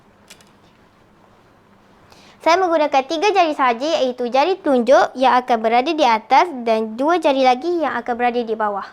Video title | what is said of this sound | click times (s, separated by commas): Seterusnya, masukkan anak panah ke tali dengan cara meletakkan anak panah di bawah knocking point sehingga bunyi klik. | 0.3 s